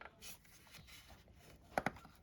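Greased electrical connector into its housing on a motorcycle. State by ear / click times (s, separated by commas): seated / 1.8 s, 1.9 s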